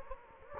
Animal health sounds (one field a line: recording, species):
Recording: mosquito wingbeat signal from an infrared sensor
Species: Anopheles gambiae